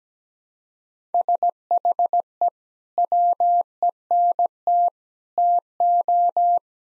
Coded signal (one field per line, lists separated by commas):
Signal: Morse code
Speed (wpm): 17 wpm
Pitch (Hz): 700 Hz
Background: none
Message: SHE WENT TO